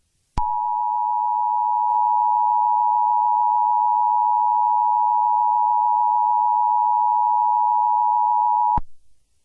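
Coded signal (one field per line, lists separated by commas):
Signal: Emergency Alert System (SAME) tones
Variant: 853 and 960 Hz attention tone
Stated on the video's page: Fictional EAS mock scenario using valid EAS tones.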